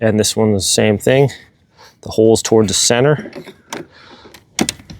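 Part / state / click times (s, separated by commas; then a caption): cordless tool battery pack into lawn mower battery bay / seated / 4.6 s. Someone talks while lining up a second cordless battery pack, holes toward the center, and pushing it into the battery bay of a Litheli 40V 16-inch cordless electric lawn mower. A sharp latch click sounds at 4.6 s, followed by a few small handling taps. The pack seats and locks in, so both battery packs are now locked in place.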